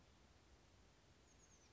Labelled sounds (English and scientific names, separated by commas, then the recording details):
Oak Titmouse (Baeolophus inornatus)
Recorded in Sonoma County, California